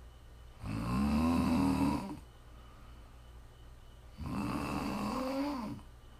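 Two drawn-out, low, buzzing snores from an adult sleeper, each lasting about a second and a half, with a quiet pause between them: ASMR snoring for relaxing or falling asleep to.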